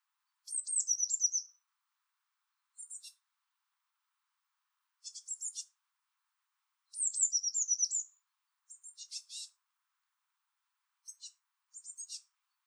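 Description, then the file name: Eurasian blue tit: high descending trilled phrases mixed with short, scratchy chattering bursts, spaced irregularly over several seconds. "Cyanistes caeruleus"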